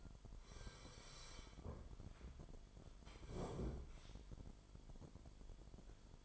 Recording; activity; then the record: daily activity, microphone in the room; sit down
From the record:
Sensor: 5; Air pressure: 998.6 hPa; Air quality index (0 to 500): 84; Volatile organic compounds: 1 ppm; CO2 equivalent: 958 ppm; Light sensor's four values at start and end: 63/152/64/71 and 62/151/63/70